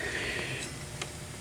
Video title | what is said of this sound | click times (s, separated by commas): Trans rebuild part 6 Reverse Hub & Seals | get her drop it down in there and you'll feel the splines click into place | 1.0 s